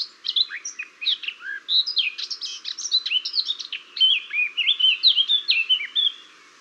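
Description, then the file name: Eurasian blackcap song: a fast, rich warble of scratchy and fluty notes jumping up and down in pitch, delivered in a continuous run with brief pauses. "Sylvia atricapilla"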